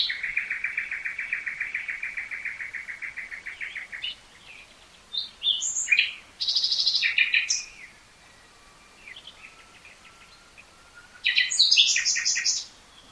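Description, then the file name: Common nightingale song: a long, fast pulsed trill for about four seconds, then a quiet gap and several varied, sharp chirping phrases. "Luscinia megarhynchos"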